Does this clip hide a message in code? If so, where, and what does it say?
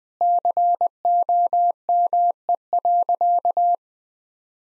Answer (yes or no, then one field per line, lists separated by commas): yes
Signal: Morse code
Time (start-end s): 0.2-3.7 s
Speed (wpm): 21 wpm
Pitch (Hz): 700 Hz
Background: none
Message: COME.